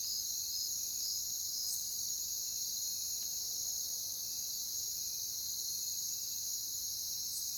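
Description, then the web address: Crickets sounding a steady high chorus, with a few short separate chirps near the start over faint background hiss. "Natures Songs Sleep Sounds of Nature CRICKETS Crickets"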